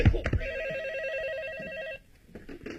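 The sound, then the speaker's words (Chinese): A telephone rings with one sustained, rapidly warbling electronic trill lasting about a second and a half, following a short burst of thumping noise, then cuts off into quieter background sounds. “二哥，你的电话。”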